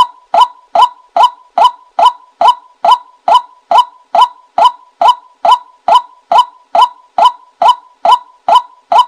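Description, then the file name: White-breasted waterhen calling: one loud, hollow, clipped note repeated with metronome regularity, a little over two per second throughout. Calling in the daytime. "tieng quoc keu ban ngay"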